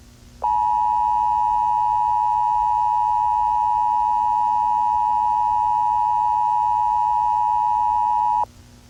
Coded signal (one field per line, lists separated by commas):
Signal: Emergency Alert System (SAME) tones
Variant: 853 and 960 Hz attention tone